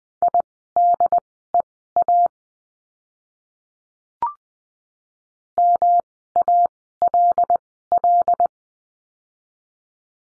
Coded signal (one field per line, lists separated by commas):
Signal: Morse code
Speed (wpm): 20 wpm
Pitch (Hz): 700 Hz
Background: none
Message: IDEA MALL